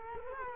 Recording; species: mosquito wingbeat signal from an infrared sensor; Culex quinquefasciatus